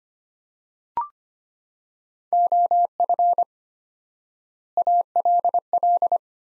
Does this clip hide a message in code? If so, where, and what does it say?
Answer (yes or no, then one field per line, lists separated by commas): yes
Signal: Morse code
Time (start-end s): 2.3-6.2 s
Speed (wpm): 25 wpm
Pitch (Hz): 700 Hz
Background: none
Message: OF ALL